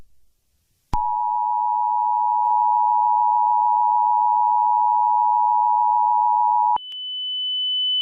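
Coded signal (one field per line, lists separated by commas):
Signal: Emergency Alert System (SAME) tones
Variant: 853 and 960 Hz attention tone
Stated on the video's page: Fictional EAS scenario.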